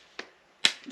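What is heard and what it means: An internal hammer-mechanism part is pushed further back into the gear housing of a Milwaukee 12 volt Fuel SDS drill during a repair. A softer tap comes at 0.2 s, then a loud, sharp knock at 0.7 s as the part seats fully home.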